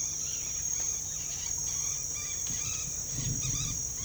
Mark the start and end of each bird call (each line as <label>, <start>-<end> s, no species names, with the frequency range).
bird call (0.3-5.5 kHz), 0.00-4.04 s